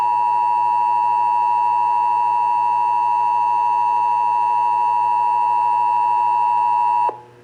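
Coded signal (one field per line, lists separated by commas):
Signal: Emergency Alert System (SAME) tones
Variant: 853 and 960 Hz attention tone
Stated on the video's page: Texas required monthly test as heard on broadcast stations.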